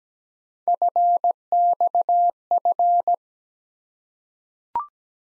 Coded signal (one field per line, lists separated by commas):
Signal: Morse code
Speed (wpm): 17 wpm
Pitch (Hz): 700 Hz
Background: none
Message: FXF